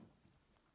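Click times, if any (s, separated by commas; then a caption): none. A plastic end cap, with its screw, is handled and slid toward its place on the door handle of a BMW E46 Convertible. Only faint, low handling noise is heard over a quiet background. Nothing has seated or clicked yet.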